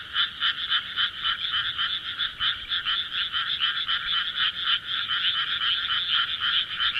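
Frog giving a fast pulsed, rattling trill, rapid notes running on almost without pause and wavering slightly in loudness.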